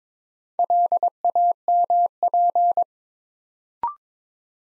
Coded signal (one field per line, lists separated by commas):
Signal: Morse code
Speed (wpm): 22 wpm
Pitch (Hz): 700 Hz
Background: none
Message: LAMP